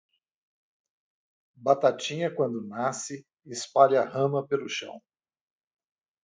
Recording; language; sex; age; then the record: short text; Brazilian Portuguese; male; 60 to 69 years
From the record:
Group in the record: control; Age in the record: 63 years